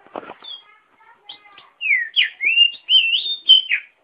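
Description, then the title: Oriental magpie-robin song: faint low rustling and soft notes first, then five loud, clear whistles that swoop up and down. "KACER MASTER"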